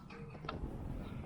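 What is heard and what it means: A roof rail fixing bolt, probably M8, is turned backwards in its threaded roof mounting point on a 2011–2019 Range Rover Evoque to avoid cross-threading. A soft rustle is followed by a sharp, short click at 0.5 s as the thread drops into alignment, and the bolt is seated.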